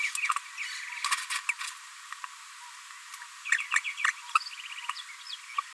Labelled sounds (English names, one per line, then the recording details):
Green-rumped Parrotlet babbling
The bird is a female
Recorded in a nest box in Venezuela
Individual 17B73B2